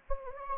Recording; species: mosquito wingbeat signal from an infrared sensor; Anopheles gambiae